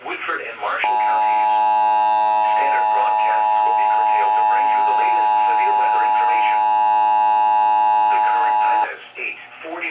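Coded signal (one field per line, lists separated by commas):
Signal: Emergency Alert System (SAME) tones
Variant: 853 and 960 Hz attention tone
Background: speech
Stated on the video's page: Tornado watch SAME tones on NOAA Weather Radio, relayed through a SAGE ENDEC.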